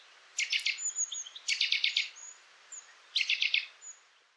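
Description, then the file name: Eurasian nuthatch calling in quick runs of clipped, repeated notes, three bursts, with thin high whistles between them. "Sitta europaea"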